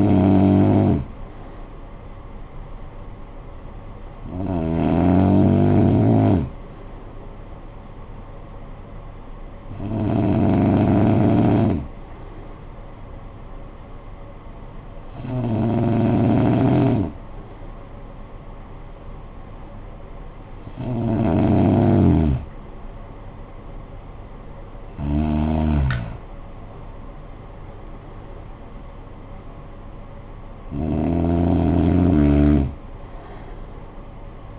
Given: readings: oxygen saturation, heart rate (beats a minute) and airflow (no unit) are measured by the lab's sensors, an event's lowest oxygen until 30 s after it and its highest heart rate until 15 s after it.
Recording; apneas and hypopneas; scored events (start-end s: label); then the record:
breathing in sleep by a smartphone at the bedside; none
none scored
From the record:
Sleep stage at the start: N2 (light sleep); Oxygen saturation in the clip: 92 to 93%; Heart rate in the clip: 50 to 62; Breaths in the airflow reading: 7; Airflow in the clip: -12.0 to 9.3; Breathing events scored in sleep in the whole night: 445 in 7.6 hours asleep